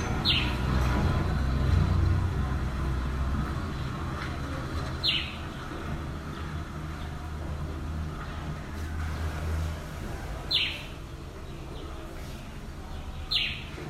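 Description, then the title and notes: Grey-headed sparrow chirps, single sharp descending notes spaced several seconds apart, four in all, over a steady low rumble of car traffic. Nkolmbong-Nord neighborhood, Émana, Yaoundé, Cameroon, 16 November 2023, 8:56 a.m., with car engine noise; recorded on an iPhone 7. "Topographie sonore du quartier : auto et moineaux gris. Nkolmbong-Nord neighborhood, Émana, Yaoundé 1, Cameroon. November 16, 2023, 8:56 a.m. Sounds captured: car engine noise, grey-headed sparrow"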